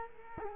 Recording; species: mosquito wingbeat signal from an infrared sensor; Culex quinquefasciatus